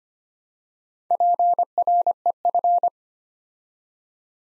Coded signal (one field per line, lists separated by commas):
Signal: Morse code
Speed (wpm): 25 wpm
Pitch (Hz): 700 Hz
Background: none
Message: PREF